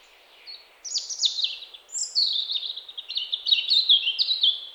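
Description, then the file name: European robin singing a long rapid phrase of high, sweet, trilling and warbled notes that tumble downward, nearly continuous for four seconds. "Erithacus rubecula"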